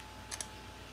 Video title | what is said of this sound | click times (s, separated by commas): Make your own iPad 2 smart cover | you can hear the click so it is closing it so it's in the correct location | 0.4 s